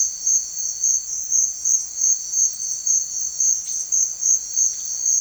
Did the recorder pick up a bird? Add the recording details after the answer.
no. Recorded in secondary vegetation near Puerto Asís, Putumayo, Colombia, on 29 June 2025 at 16:00. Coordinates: 0.499, -76.323. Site G077